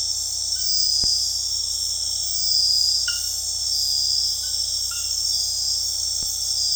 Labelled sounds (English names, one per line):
none